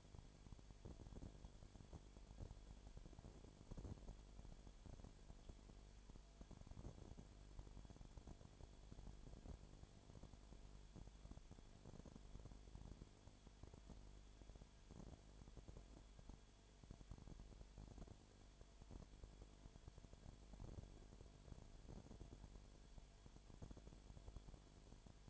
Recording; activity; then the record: daily activity, microphone in the room; no activity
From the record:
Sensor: 5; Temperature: 19.9 degrees Celsius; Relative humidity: 37.1%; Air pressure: 1007.3 hPa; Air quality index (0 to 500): 84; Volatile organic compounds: 1 ppm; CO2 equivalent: 962 ppm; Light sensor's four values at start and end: 2/3/1/1 and 2/3/1/1